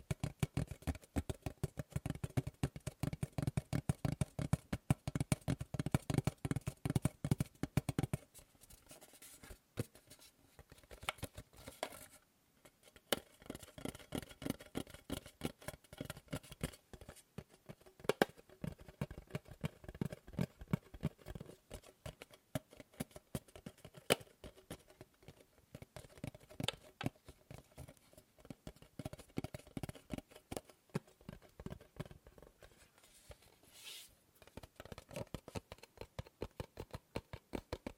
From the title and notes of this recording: ASMR Fast & Slow Tapping on 6 Objects No Talking.